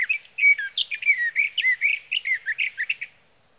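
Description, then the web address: Sage thrasher delivering a hurried, varied warble of rising and falling notes, fading after about three seconds. "birdsongforthecurious Sage Thrasher"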